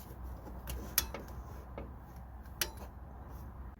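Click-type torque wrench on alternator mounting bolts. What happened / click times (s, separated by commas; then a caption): Torque wrench breaks over at its setting twice / 1.0 s, 2.6 s. A click-type torque wrench tightens the alternator mounting bolts on a Jeep Renegade, Dodge Dart or Fiat 500X to 18 ft-lb. Softer taps and ticks sit over a low hum, and two sharp metallic clicks come at 0.98 s and 2.62 s as the wrench breaks over at its setting. The bolts are confirmed torqued to spec.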